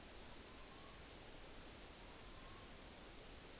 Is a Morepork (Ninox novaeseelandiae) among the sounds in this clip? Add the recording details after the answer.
yes. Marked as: faintness 4/5. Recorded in New Zealand on 9 October 2013. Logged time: 17:00. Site Ponui